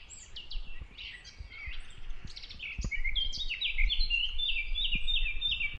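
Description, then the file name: Eurasian blackcap song, a rapid warbling run of varied chirps that ends in a repeated series of clearer, louder whistled notes, with low rumbling background noise throughout. "Sylvia atricapilla"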